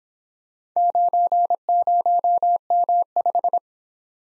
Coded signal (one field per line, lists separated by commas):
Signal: Morse code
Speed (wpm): 25 wpm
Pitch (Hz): 700 Hz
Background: none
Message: 90M5